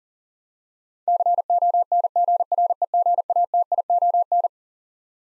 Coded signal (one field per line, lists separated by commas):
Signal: Morse code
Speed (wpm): 39 wpm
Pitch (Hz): 700 Hz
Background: none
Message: CONGREGATION